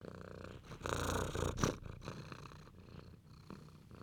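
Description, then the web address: Cat purr, low and rhythmic, with a louder breathy burst near the middle. Affectionate cat purring. "fusa di un gatto affettuoso"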